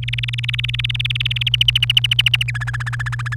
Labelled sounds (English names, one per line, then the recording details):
Domestic Canary song
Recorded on 28 April 2018 at 12:58
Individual llb3